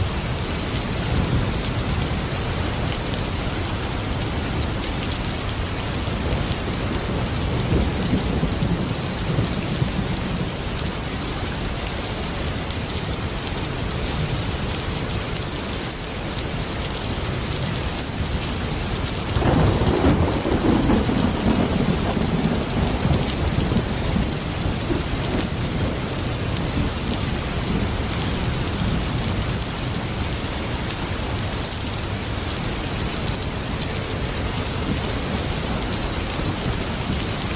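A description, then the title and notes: Heavy rain pours in a dense, steady hiss across the whole stretch, with a low rumble underneath. Around twenty seconds a thunder strike cracks in sharply, and a deeper rolling rumble swells for several seconds before settling back under the rain. Heavy Thunder and Rain Sounds. The calming sound of raindrops, combined with the thrilling thunder strikes.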